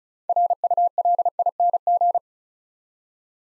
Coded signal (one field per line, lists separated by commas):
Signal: Morse code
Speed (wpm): 36 wpm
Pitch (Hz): 700 Hz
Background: none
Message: RULING